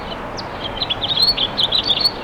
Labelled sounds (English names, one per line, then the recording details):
House Finch song
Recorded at Westbury on Long Island, New York, on 27 May 2013
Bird A